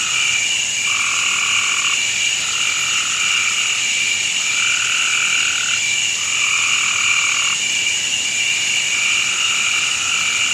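A dense, unbroken frog and insect chorus fills a night forest, with a high steady shrill and a bright trilling layer that never lets up. Lower croaking calls come in bursts about a second long, every second or two, alternating slightly in pitch.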